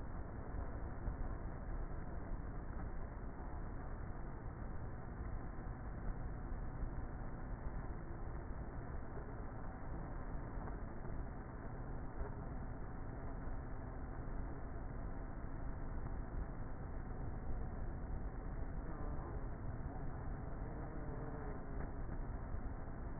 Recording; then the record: honeybee colony, microphone inside the hive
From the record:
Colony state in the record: queenless with a low population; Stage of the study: before two queens were removed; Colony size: about 30,000 bees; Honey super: no